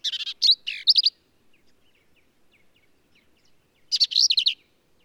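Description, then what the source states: Black-capped vireo singing two short bursts of high, varied phrases, with faint soft notes in the quiet gap between them. Male singing in the Texas hill country near Hunt, Texas, USA; endangered species; varies phrases, truncating, embellishing or running several together; all recordings from one individual.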